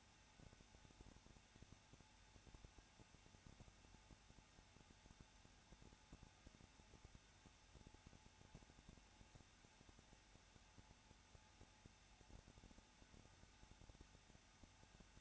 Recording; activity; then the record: daily activity, microphone in the room; no activity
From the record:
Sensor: 2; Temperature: 21.0 degrees Celsius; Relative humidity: 34.2%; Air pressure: 994.4 hPa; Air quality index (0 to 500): 171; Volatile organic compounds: 3 ppm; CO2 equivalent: 1329 ppm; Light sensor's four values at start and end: 2/3/2/2 and 2/3/2/2